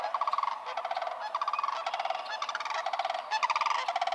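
Sandhill crane calls, continuous rattling trumpeted bursts from more than one bird, overlapping with little pause.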